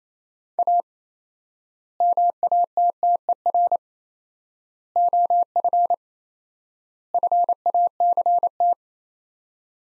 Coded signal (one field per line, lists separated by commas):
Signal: Morse code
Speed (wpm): 27 wpm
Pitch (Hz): 700 Hz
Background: none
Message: A MATTER OF FACT